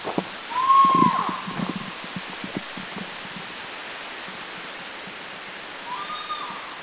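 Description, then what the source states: Spot-bellied eagle-owl call: a loud, clear tonal note that rises slightly then falls near the start, a fainter similar note about five seconds later, over soft background rustling. Laos.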